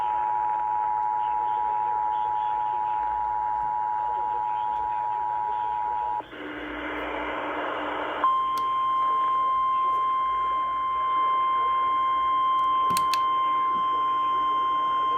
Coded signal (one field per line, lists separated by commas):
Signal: Emergency Alert System (SAME) tones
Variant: 853 and 960 Hz attention tone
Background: speech